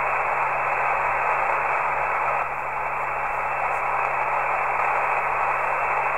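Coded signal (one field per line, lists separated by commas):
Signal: ACARS aircraft data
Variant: HFDL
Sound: steady wide hissing data rush filling the voice band, without pauses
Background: radio static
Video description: Decoding HF ACARS transmissions using Sorcerer decoder in PSK mode, ARINC 635 for HFDL.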